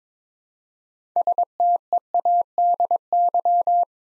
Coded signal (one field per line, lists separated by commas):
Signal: Morse code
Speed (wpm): 22 wpm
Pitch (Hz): 700 Hz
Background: none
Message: STEADY